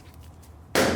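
A rear tyre on a Ducati Multistrada 1200 is inflated after the far-side rubber bead was found not seated on the alloy wheel rim. After quiet low background noise, the bead snaps onto the rim seat with one sudden loud pop at 0.75 s that rings out to the end of the clip. The bead is seated.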